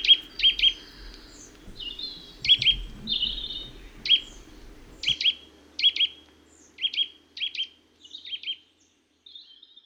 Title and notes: So for nuthatch listen for the ‘dweep dweep’ call and look out for a bird heading face-first downhill.